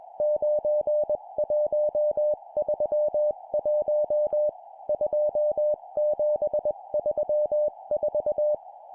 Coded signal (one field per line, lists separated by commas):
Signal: Morse code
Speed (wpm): 21 wpm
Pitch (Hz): 600 Hz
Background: none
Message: 9131 2734